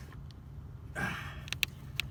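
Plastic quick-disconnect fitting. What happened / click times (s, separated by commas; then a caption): The hose quick-disconnect clicked open and released / 1.6 s. A plastic quick-disconnect release tool is slid and rotated fully into the heater hose quick-disconnect fitting on the heater core tube of a 1999-2006 GMT800 truck. After a broad rustling scrape, sharp plastic clicks are heard, the main click at 1.6 s, and the fitting releases from the tube.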